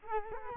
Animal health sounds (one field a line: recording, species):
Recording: mosquito wingbeat signal from an infrared sensor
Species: Culex quinquefasciatus